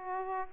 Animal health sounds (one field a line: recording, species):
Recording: mosquito wingbeat signal from an infrared sensor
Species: Aedes aegypti